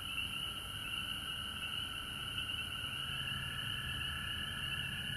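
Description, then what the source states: Chorus of frogs, a thick continuous wall of high trills, unchanging throughout, with low background noise. Frogs recorded at home in Georgia on March 19, 2020.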